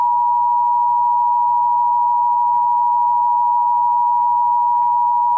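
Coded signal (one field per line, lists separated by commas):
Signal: Emergency Alert System (SAME) tones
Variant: 853 and 960 Hz attention tone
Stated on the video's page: Texas Required Monthly Test as aired on several broadcast radio and television stations.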